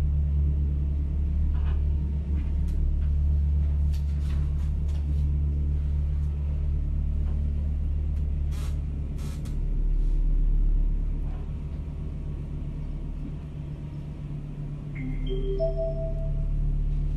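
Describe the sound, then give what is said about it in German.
A car drives from Würzburg to Innsbruck with a steady, low engine drone and road rumble throughout, broken by a few faint clicks, then a short run of rising electronic beeps near the end. “Sie sind mit dem Auto unterwegs.”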